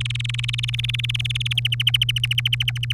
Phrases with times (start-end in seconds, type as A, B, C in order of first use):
0.00-1.53 A, 1.57-2.92 B